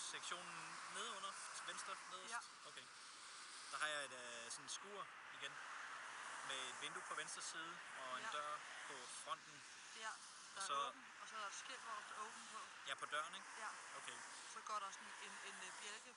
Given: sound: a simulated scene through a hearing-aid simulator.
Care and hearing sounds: conversation; traffic; +4 dB SNR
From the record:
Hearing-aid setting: IV (slow-acting compression, loudness normalization); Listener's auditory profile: C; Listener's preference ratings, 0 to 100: 37, 9, 57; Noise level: 75 dB SPL

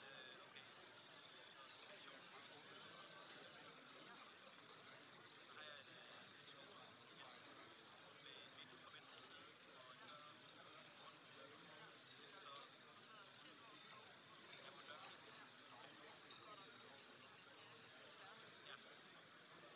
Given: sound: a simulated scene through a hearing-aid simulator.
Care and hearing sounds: conversation; cafeteria; -6 dB SNR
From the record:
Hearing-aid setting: anchor resembling a broken hearing aid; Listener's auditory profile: A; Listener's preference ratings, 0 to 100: 0, 2, 0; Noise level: 65 dB SPL

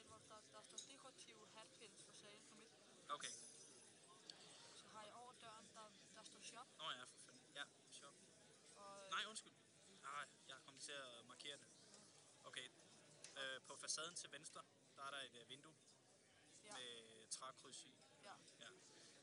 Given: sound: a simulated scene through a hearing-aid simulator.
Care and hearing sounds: conversation; cafeteria; +4 dB SNR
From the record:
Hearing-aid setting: standard clinical setting (NAL); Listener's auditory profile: D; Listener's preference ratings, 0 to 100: 74, 80, 85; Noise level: 65 dB SPL

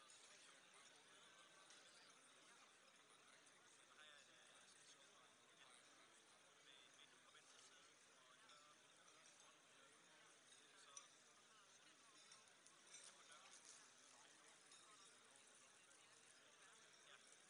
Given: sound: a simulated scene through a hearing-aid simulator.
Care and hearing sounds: conversation; cafeteria (anchor of the quiet scene); -6 dB SNR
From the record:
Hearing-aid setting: anchor resembling a broken hearing aid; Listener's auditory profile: C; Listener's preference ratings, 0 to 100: 1, 1, 0

